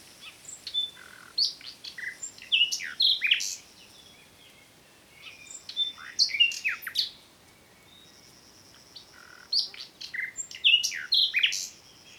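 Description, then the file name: Common nightingale song in three bursts of varied phrases, with sharp high whistles, chirps and quick trills, each burst separated by brief pauses. "Luscinia megarhynchos"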